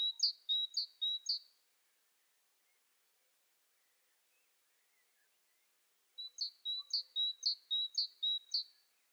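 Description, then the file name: Great tit repeating a high, ringing two-note phrase in quick series, a pause of several seconds, then another steady run of the same phrase. "Parus major"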